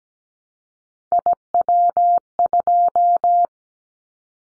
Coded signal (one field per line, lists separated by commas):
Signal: Morse code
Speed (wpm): 17 wpm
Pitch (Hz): 700 Hz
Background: none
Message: IW2